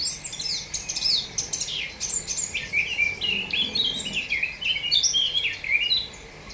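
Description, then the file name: Eurasian blackcap singing a continuous, rapid warble of scratchy and clear high notes. "Sylvia atricapilla"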